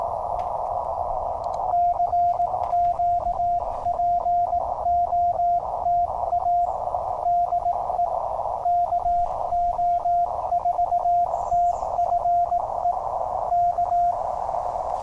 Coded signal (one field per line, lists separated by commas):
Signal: Morse code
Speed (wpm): 18 wpm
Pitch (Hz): 700 Hz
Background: radio noise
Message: CQPOTA DE KO4TFE K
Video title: Toughing it out with the Penntek TR-35! #qrp #hamradio #cw #morsecode